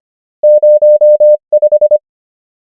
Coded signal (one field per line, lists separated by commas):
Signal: Morse code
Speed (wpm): 25 wpm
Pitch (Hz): 600 Hz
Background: none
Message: 0 5